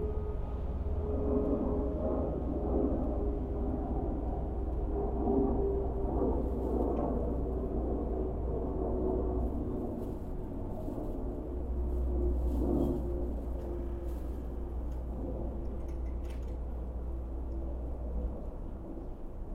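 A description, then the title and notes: A plumber's long snake grinds through a clogged sewer pipe in a steady, dense mechanical rumble, with a low droning hum underneath and a sustained whine running through most of the clip. Faint clicks and scrapes come and go over the top. A plumber bring a 100 foot snake into the basement to unclog our sewer pipe with noises of unclogging.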